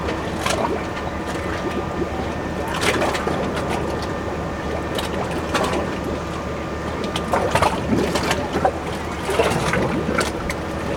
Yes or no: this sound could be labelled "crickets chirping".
no